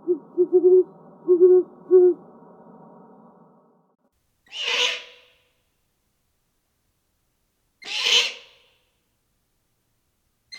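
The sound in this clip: Great horned owl giving deep, soft hoots in a rhythmic series, followed by silence and a few sharp, harsh bursts.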